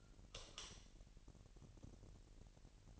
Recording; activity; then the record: daily activity, microphone in the room; light off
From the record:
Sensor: 4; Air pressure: 1002.8 hPa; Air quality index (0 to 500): 248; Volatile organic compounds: 12 ppm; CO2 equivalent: 2373 ppm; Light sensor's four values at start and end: 7/16/6/7 and 6/14/6/6